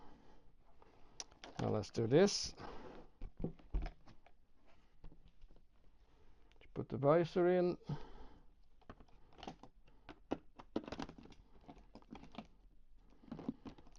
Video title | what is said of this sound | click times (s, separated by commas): Installation SENA 60S in KLIM Krios Pro helmet | viser snaps right in | 10.3 s, 10.8 s